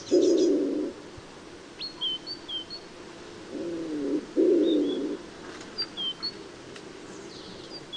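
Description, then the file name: Common wood pigeon repeating low muffled coos in short rhythmic phrases, with scattered high twittering notes from other small birds throughout. "Colombaccio"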